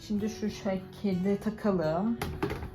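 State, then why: Not seated. A part is being fitted onto the glass jug of a Vestel cooking blender during unboxing while someone talks. It is handled but not yet home, and nothing has seated or clicked yet.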